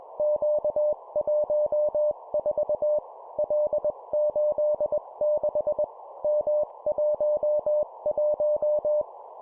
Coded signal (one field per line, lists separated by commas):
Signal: Morse code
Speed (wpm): 21 wpm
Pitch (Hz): 600 Hz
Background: none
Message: Q14 L86 M11